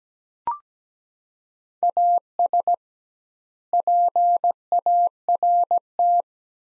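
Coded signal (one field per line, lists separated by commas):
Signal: Morse code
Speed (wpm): 17 wpm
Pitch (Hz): 700 Hz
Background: none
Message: AS PART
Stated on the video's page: Morse practice of sets of four words at 17 wpm with 2x word spacing, a Farnsworth-like method.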